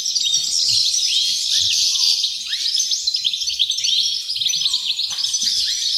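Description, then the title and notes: Dense chorus of wrens, high tinkling trills and quick descending chips pouring out without pause. Dozens of wrens in the backyard of a home in Dover, southern Tasmania. "Nature Sounds Tasmania - Dover Wrens. The sounds of dozens of wrens in the backyard of a home in Dover, southern Tasmania"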